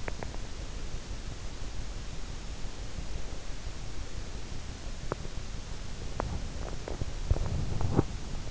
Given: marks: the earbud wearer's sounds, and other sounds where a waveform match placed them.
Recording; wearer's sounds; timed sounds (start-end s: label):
sounds in sleep by an in-ear microphone; teeth grinding
0.00-0.38 s: teeth grinding
5.01-5.27 s: teeth grinding
6.10-7.12 s: teeth grinding
7.31-8.11 s: teeth grinding